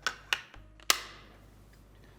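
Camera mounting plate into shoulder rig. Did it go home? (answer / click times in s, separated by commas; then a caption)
yes / 0.9 s. A DV10 mounting plate is snapped onto a Zacuto shoulder rig while building a Sony FS5 documentary kit. Two sharp taps at about 0.1 and 0.3 s and faint ticks near 0.5 and 0.8 s lead to the loudest, bright click at 0.9 s as the plate clicks into place, followed by a short fading ring. The plate is seated and is then to be made nice and snug.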